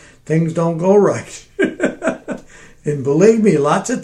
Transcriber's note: laughing